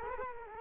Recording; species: mosquito wingbeat signal from an infrared sensor; Culex quinquefasciatus